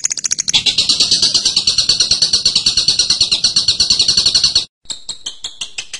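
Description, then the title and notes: Bird song: high ticking notes open, then a dense buzzy trill of rapid pulses, breaking off into sharp separate chips. Birdsong used to train birds. "MASTERAN BURUNG. suarane manok"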